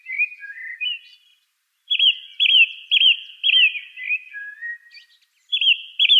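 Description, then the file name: Song thrush singing, a clear looping whistled phrase repeated several times, mixed with lower softer warbling notes and brief pauses. "suara kicauan burung song thrush. omkicau"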